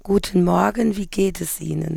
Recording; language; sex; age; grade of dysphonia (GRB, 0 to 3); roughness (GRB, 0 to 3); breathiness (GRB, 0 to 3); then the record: spoken sentence; German; female; 40 to 49 years; 2; 2; 1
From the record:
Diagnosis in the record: Reinke's edema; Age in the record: 43 years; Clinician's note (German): Beidseitig mit tiefer Stimmlage